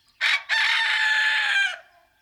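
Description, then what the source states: Rooster crowing: a short opening note, then a long, loud, strained harmonic crow held for over a second before breaking off, with no other sounds. Barnyard rooster; the top-ranking rooster crows first to announce the new day while the others wait their turn.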